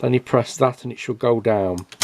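Someone talks while handling the lubricated cassette loading carriage of a vintage Sharp VC 6300H video recorder, about to press it down so it latches. The carriage has not seated or clicked yet.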